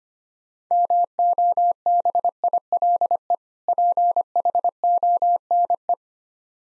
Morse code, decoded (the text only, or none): MOBILE PHONE